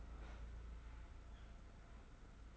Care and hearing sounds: daily activity, microphone in the room; open fridge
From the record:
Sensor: 3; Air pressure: 991.0 hPa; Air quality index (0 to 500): 121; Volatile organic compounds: 102 ppm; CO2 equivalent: 3766 ppm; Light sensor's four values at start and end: 28/67/27/25 and 28/67/27/25

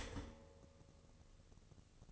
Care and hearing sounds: daily activity, microphone in the room; start toaster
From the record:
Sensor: 4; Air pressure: 1007.8 hPa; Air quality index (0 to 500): 104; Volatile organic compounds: 1 ppm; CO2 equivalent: 771 ppm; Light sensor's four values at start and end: 9/20/8/8 and 9/21/8/8

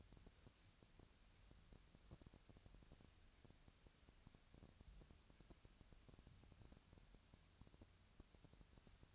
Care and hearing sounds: daily activity, microphone in the room; wipe stove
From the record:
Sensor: 2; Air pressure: 1006.9 hPa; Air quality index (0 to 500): 197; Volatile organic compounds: 13 ppm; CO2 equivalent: 2417 ppm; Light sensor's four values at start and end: 9/22/9/9 and 9/22/9/9

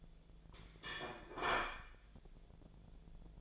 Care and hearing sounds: daily activity, microphone in the room; place plate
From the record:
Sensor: 5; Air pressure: 1009.5 hPa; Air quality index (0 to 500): 168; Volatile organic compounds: 4 ppm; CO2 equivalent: 1628 ppm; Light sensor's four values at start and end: 99/261/107/113 and 98/260/106/112

